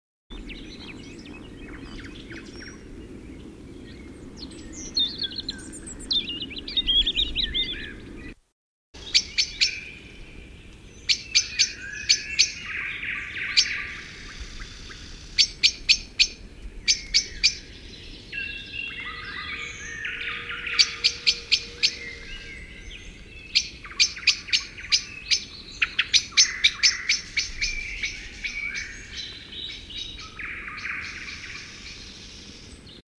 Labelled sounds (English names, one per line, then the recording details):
Common Blackbird call
European Robin call
Eurasian Woodcock call
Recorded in the wild
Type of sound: call
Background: Erithacus rubecula, Scolopax rusticola
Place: Anklam, Mecklenburg-Vorpommern, DE
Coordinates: 53.812, 13.861
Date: 1980-05-25 21:45
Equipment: Nagra III BH, Sennheiser MD 21, parabola
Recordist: Schubert, Michael
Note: Rotkehlchen, Waldschnepfe, dann warnt Amsel vor Nachtruhe